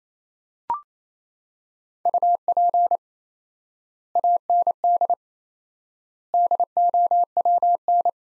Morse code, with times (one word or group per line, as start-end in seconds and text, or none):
2.1-3.0 UP
4.2-5.1 AND
6.3-8.1 DOWN